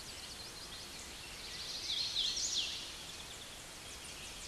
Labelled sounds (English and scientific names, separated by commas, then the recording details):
Hooded Warbler (Setophaga citrina) song
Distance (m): 35 m
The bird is about 15 m above the microphone
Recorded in a Pennsylvania forest on 16 May 2024 at 09:29
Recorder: AudioMoth, point MSD-2181
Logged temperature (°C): 12.8 °C
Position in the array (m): 146 m, 145 m